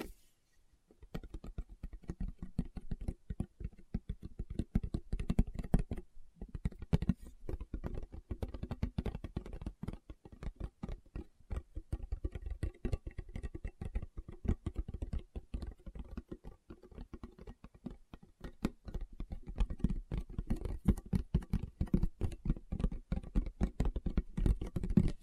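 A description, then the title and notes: Fingertips tap rapidly and almost continuously in ASMR style, starting after a second of quiet. The taps are soft and fairly low, with dense clusters and a brief pause near six seconds; some sharper, brighter clicks stand out, especially toward the end. ASMR Tapping with Fingertips (No Talking).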